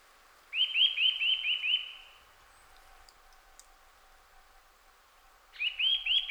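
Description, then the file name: Eurasian nuthatch calling in quick runs of about six clear whistled notes, a pause of several seconds, then another fast run begins. "Sitta europaea"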